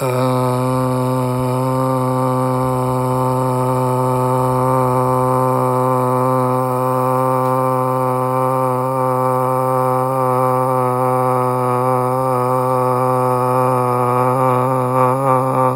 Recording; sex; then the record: sustained vowel /a/; male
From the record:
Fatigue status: no fatigue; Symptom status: symptomatic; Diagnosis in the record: COVID-19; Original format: m4a